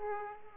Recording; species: mosquito wingbeat signal from an infrared sensor; Aedes aegypti